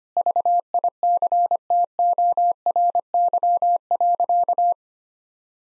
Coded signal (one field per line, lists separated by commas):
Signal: Morse code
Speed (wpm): 25 wpm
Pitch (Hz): 700 Hz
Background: none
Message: VICTORY.